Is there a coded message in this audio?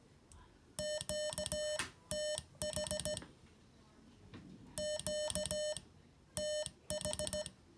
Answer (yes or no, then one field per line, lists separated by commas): yes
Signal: Morse code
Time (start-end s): 0.8-7.4 s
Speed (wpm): 16 wpm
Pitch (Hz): 600 Hz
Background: music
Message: QTH QTH